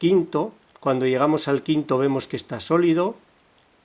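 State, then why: Seated. A hook pick probes the fifth pin of a pin-tumbler lock cylinder, which had felt solid but was only half set, while someone talks. A short, sharp click at 3.6 s marks the pin being pushed to the shear line and seating in place.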